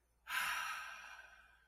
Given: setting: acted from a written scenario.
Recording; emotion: vocal sound without words; contentment